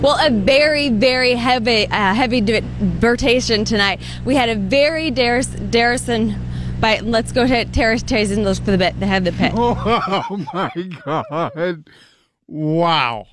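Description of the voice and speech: Adult female reporter during a live broadcast report on awards highlights, speaking fluently with normal rhythm and intonation but producing garbled, nonsensical substituted words: transient aphasia with paraphasic speech, occurring with the onset of a migraine.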